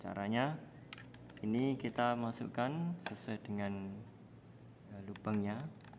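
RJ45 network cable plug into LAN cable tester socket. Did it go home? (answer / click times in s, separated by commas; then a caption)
no / none. Someone talks while handling the crimped RJ45 plug of a straight network cable, lining it up to push into the port of a LAN cable tester. Faint handling noises sit under the speech. Nothing has seated or clicked yet.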